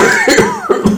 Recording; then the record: coughing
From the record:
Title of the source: Mid-morning Winter Coughing Fit